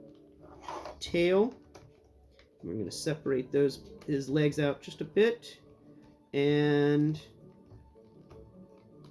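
Someone talks while separating the plastic legs of a Studio Series 86 Slug transforming dinosaur toy, with a few faint handling sounds between the words. The leg joint has not clicked into position or seated yet.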